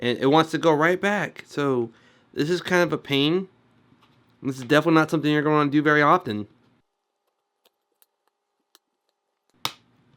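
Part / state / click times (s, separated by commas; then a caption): plastic rugged case shell clamp on a phone / released / 9.6 s. Someone talks while prying apart the plastic side clamps of a ZeroLemon Zeroshock rugged case on a Samsung Galaxy Note 3 fitted with a ZeroLemon 10000mAh extended battery with NFC. After the talk stops, a few faint ticks are heard, then one clamp lets go with a sharp snap at 9.7 s, releasing that part of the case shell.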